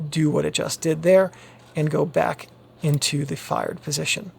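With the shutter button held down, the metal shutter speed dial of a Leica IIIB rangefinder film camera is being turned counterclockwise to manually rearm the shutter for a double exposure. Someone talks throughout. The dial has not yet clicked into its rearmed position, and nothing has seated.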